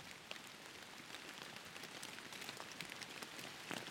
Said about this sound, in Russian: Дождь пошел раньше, чем они покинули загон.